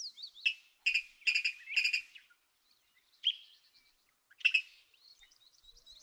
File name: Virginia Rail